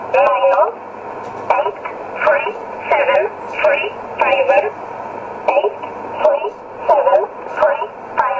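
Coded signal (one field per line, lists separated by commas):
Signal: numbers station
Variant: E11 Oblique, English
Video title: 12 08 2017 Numbers station E11 Oblique in English to Eu 0811 on 9079 in USB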